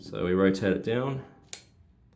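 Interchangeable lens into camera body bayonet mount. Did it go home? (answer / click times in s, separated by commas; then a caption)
yes / 1.5 s. An interchangeable lens is rotated down into the bayonet mount of a Canon camera body after being aligned with it. Someone talks, then a single sharp click sounds at 1.5 s as the lens locks into the mount and is seated.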